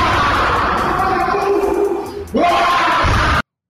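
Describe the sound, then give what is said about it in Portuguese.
A man shouting, his raised voice swelling upward in pitch over a steady wash of background noise, all of it cutting off abruptly after a few seconds. “Ó o cara gritando, ó, ó.”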